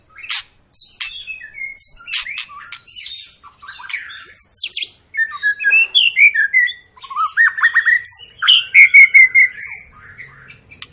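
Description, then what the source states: White-rumped shama song, a varied run of whistled, slurred and buzzy phrases jumping between pitches, with a series of quick repeated rising notes. Lure of long, continuous song, used to make other birds sing.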